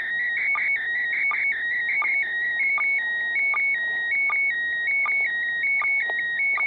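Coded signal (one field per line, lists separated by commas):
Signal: SSTV (slow-scan television)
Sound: steady high warbling tones switching between two pitches, punctuated by regular short low ticks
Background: radio static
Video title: SSTV from the ISS on quadrifilar antenna + Baofeng UV-5R (145.8 MHz)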